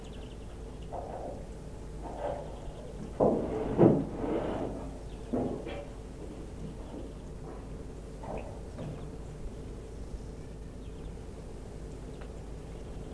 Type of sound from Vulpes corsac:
barking